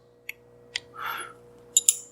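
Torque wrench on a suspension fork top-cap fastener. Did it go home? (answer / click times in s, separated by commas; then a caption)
yes / 1.8 s, 1.9 s. A torque wrench set to about 50 inch-pounds, with a crowfoot adapter at 90 degrees on a 12 mm spanner, tightens the top-cap fastener of a Vorsprung Luftkappe air-spring part on a 2016/17 Fox Float 34 NA2 suspension fork. Faint ticks come at 0.3 and 0.8 s and a brief hiss around 1.0–1.3 s. The wrench then gives a sharp double click at 1.8 and 1.9 s, confirming the fastener has reached the set torque.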